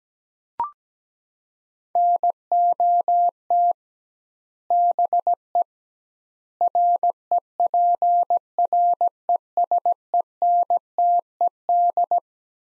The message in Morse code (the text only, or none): NOT BE REPRESENTED